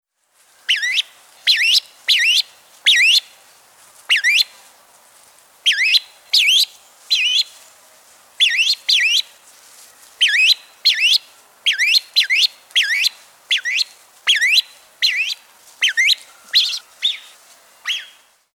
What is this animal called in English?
Grey-winged Trumpeter